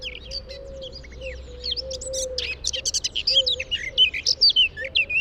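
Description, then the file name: Eurasian blackcap singing a varied warble that builds into louder, clearer notes, over soft low wavering sounds. "Sylvia atricapilla"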